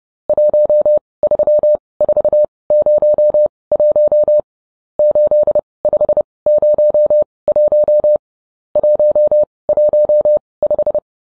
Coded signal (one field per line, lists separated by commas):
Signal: Morse code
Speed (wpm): 30 wpm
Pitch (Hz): 600 Hz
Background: none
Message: 13401 8501 115